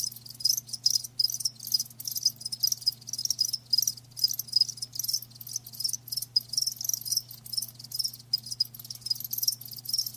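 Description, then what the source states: Cricket chorus of fast, high trilling chirps that pulse unevenly throughout, over a low constant hum. Live crickets chirping, a lulling song.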